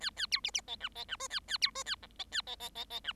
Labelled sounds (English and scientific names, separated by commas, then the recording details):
Bengalese Finch (Lonchura striata domestica) song
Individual Bird7